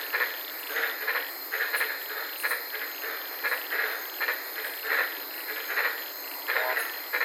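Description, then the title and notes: White-lipped tree frogs give clusters of harsh, staccato barks separated by brief pauses, with steady high-pitched insect noise underneath. Several frogs recorded at night from inside a car in the Daintree rainforest, Queensland, Australia. "White Lipped Frog Podcast. I was sitting in my car in the Daintree rainforest in Queensland this night and fell asleep listening to these amazing White lipped frogs"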